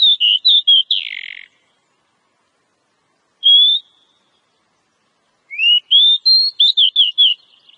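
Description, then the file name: Oriental magpie-robin with whistled notes, a harsh raspy burst, a single lone whistle, then a rising run of varied slurred whistles; quiet gaps between. Female. "Suara kacer betina"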